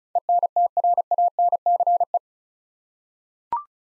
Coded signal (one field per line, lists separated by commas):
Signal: Morse code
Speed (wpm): 34 wpm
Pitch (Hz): 700 Hz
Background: none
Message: ENTRANCE